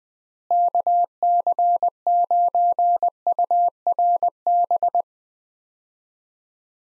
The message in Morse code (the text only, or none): KC9URB